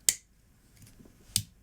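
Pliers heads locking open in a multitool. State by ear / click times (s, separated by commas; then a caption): seated / 0.1 s, 1.4 s. A steel Victorinox Spirit X multitool is opened so its tools and pliers heads swing out and lock into place. Two sharp, bright clicks are heard at 0.1 s and 1.4 s, with faint handling noise between them. Each click marks a part locking open.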